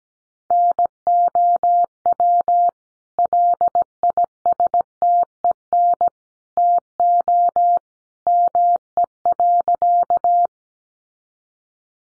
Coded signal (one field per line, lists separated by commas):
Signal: Morse code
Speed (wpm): 17 wpm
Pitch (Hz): 700 Hz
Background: none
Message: NOW LISTEN TO ME.